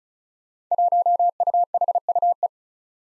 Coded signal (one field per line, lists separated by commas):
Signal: Morse code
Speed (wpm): 36 wpm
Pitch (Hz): 700 Hz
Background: none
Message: 1UHUE